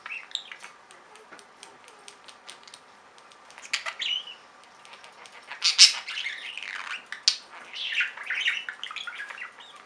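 Budgerigar chatter, a run of rapid clicks followed by squawky warbled notes in the second half.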